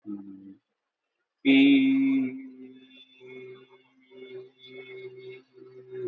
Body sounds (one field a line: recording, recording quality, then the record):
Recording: sustained vowel as in beet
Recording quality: excellent, no background noise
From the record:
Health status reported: healthy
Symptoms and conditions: cold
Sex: male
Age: 38 years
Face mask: not worn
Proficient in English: yes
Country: India